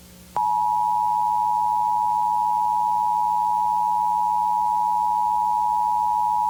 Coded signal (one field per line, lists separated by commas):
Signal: Emergency Alert System (SAME) tones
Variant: 853 and 960 Hz attention tone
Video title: EAS Scenario #4: World War III: Collateral Damage (Part 6)